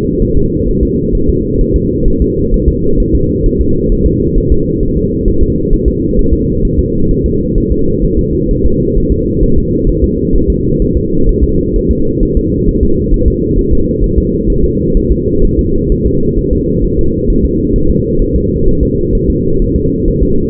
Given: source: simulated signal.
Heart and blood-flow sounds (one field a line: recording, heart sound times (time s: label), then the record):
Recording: fetal heart sounds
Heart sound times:
0.22 s: S1
0.37 s: S2
0.69 s: S1
0.83 s: S2
1.15 s: S1
1.29 s: S2
1.61 s: S1
1.76 s: S2
2.08 s: S1
2.22 s: S2
2.54 s: S1
2.69 s: S2
3.00 s: S1
3.15 s: S2
3.46 s: S1
3.61 s: S2
3.92 s: S1
4.06 s: S2
4.38 s: S1
4.52 s: S2
4.83 s: S1
4.97 s: S2
5.28 s: S1
5.43 s: S2
5.73 s: S1
5.88 s: S2
6.19 s: S1
6.33 s: S2
6.65 s: S1
6.79 s: S2
7.11 s: S1
7.26 s: S2
7.58 s: S1
7.72 s: S2
8.05 s: S1
8.19 s: S2
8.51 s: S1
8.66 s: S2
8.98 s: S1
9.12 s: S2
9.44 s: S1
9.58 s: S2
9.89 s: S1
10.04 s: S2
10.36 s: S1
10.50 s: S2
10.82 s: S1
10.97 s: S2
11.29 s: S1
11.44 s: S2
11.76 s: S1
11.91 s: S2
12.23 s: S1
12.37 s: S2
12.69 s: S1
12.83 s: S2
13.14 s: S1
13.28 s: S2
13.59 s: S1
13.73 s: S2
14.04 s: S1
14.18 s: S2
14.50 s: S1
14.65 s: S2
14.97 s: S1
15.12 s: S2
15.45 s: S1
15.59 s: S2
15.92 s: S1
16.06 s: S2
16.39 s: S1
16.53 s: S2
16.85 s: S1
16.99 s: S2
17.30 s: S1
17.45 s: S2
17.76 s: S1
17.90 s: S2
18.22 s: S1
18.36 s: S2
18.68 s: S1
18.83 s: S2
19.15 s: S1
19.30 s: S2
19.62 s: S1
19.76 s: S2
20.08 s: S1
20.23 s: S2
From the record:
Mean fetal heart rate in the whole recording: 130 bpm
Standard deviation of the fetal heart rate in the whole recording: 4 bpm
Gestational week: 38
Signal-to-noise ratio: -16.4 dB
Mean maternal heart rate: 72 bpm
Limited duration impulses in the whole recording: present